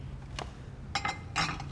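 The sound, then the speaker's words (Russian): A few light clinks and clatters of dishes against each other as a woman wipes dishes at a table in a living room, in short bursts with soft rubbing in between, over a low steady hum. “Вера в гостиной за столом вытирает посуду.”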